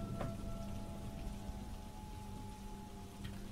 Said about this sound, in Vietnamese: Mưa suốt cả đêm hôm ấy, đến tận gần sáng trời mới tạnh lại.